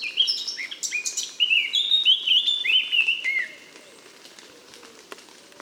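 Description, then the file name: Eurasian blackcap singing a rich run of fluty, slurred whistles, ending abruptly after about three and a half seconds. "Sylvia atricapilla"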